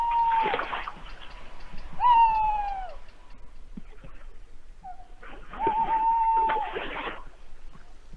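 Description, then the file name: Tawny owl hoots: steady wavering tonal notes, one sliding downward, over bursts of broad rustling noise. "chouette hulotte"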